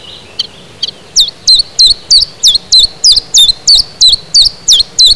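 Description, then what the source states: Common chiffchaff singing a brisk series of bright, sharp, high notes, evenly spaced at roughly three per second, after a few soft lead-in notes. Recorded in spring 2010.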